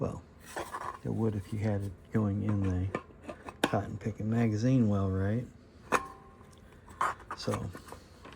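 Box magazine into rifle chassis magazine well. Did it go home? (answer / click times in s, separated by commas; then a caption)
no / none. A detachable box magazine, referred to as a Poly MDX clip, is being handled at the magazine well of an aluminium MDT ORYX chassis on a Savage Model 12 rifle. Someone talks over light rubbing and scraping, with a sharp knock near 7.0 s. The magazine has not yet seated or clicked into place by the end of the clip.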